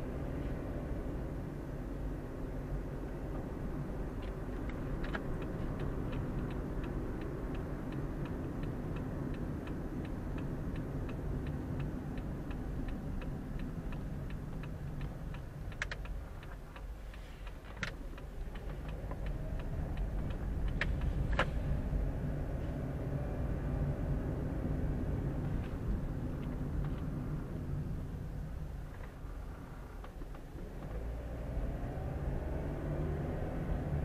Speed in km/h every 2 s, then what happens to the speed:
30, 32, 34, 33, 30, 27, 23, 14, 6, 9, 14, 21, 26, 22, 7, 9, 18.
0-7 steady at about 32. 7-16 slows to 6. 16-24 speeds up to 26. 24-29 brakes to 7. 30-34 speeds up to 18.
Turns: 14-21.